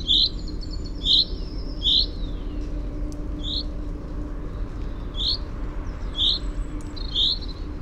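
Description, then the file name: Common chaffinch giving sharp short call notes about a second apart, pausing briefly in the middle, with a faint click. "Fringilla coelebs"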